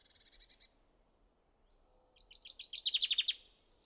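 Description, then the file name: Common chaffinch song: a brief run of repeated high notes, a pause, then a louder run of notes that falls in pitch toward the end. "Fringilla coelebs"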